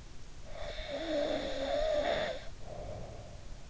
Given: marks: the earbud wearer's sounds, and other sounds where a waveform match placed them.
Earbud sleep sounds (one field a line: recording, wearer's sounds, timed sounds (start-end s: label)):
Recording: sounds in sleep by an in-ear microphone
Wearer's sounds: snoring breath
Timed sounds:
0.52-3.66 s: snoring breath